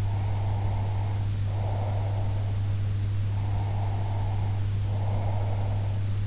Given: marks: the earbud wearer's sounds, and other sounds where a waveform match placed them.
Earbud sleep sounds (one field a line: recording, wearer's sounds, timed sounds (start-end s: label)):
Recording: sounds in sleep by an in-ear microphone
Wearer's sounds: breath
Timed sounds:
0.00-2.54 s: breath
3.26-6.03 s: breath